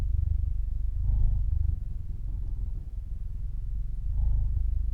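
Cat purr, deep and continuous, with a louder rasping surge early on and another near the end.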